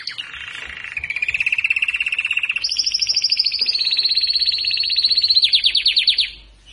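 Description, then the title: Belgian canary singing a long run of rapid buzzy trills at changing pitch, each held for a second or more, ending in a fast rattling series. Singing male warming up a female. "Canario Belga. Canario Galador Esquenta Qualquer Femea"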